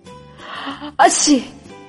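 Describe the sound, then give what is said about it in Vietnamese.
A man walking up to a door sneezes once, suddenly, midway: sharp and loud with a hissy, breathy tail, after a quieter stretch of soft, steady background sound. “đi đến trước cửa, đột nhiên hắt xì một cái.”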